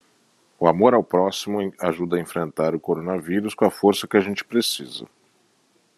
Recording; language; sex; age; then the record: spoken sentence; Brazilian Portuguese; male; 50 to 59 years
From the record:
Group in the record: control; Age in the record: 56 years